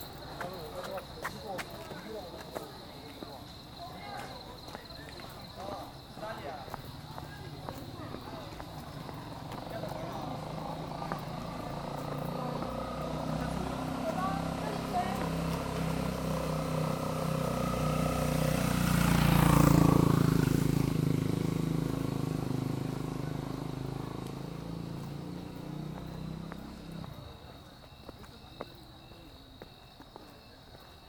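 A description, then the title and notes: New students' voices murmur faintly at a college campus while a vehicle approaches, grows steadily louder, passes around twenty seconds, and fades away. A thin, steady high whine runs underneath the whole scene. 绵阳职业技术学院，我录到了新生入校的一些声音. At the Mianyang Technical College I recorded the sound of the new students.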